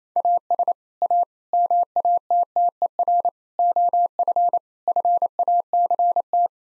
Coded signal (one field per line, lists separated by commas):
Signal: Morse code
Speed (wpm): 27 wpm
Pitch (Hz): 700 Hz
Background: none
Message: AS A MATTER OF FACT